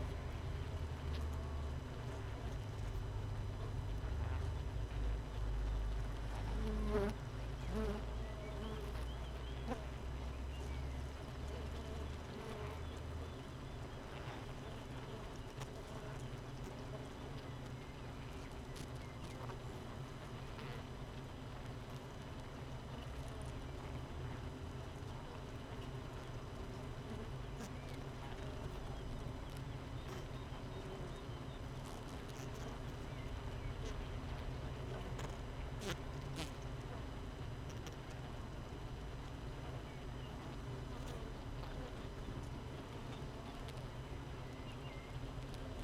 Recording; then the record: honeybee colony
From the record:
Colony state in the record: missing queen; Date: 31 May 2018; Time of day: 6:47